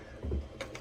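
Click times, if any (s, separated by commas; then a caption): 0.6 s. The release handle on a 3D-printed plastic scale model axle stand, printed on a Bambu Lab A1 for a Tamiya flatbed, is pulled up, with a low rumble from about 0.2 to 0.4 s. The column, released from its ratchet, drops down with a sharp clack at 0.6 s, followed by a smaller tick at 0.75 s. The stand is confirmed released.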